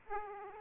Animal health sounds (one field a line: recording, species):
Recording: mosquito wingbeat signal from an infrared sensor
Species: Aedes aegypti